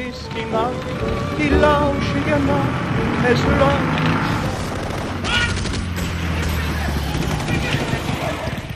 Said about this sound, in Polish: Tutaj w Alei Niepodległości, w miejscu, gdzie znajdowała się siedziba dowództwa policji na dystrykt warszawski, grupa bojowa Armii Krajowej zatrzymuje samochód, padają strzały, Franz Kuczera zostaje zastrzelony.